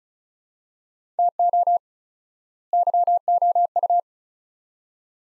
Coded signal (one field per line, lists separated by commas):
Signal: Morse code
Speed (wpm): 34 wpm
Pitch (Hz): 700 Hz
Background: none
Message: TO YOU